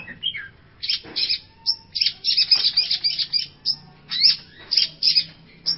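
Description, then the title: Long-tailed shrike song: uneven bursts of rasping chatter and sharp chirps, with a few thin whistles, coming in quick succession. "Cendet Pentet"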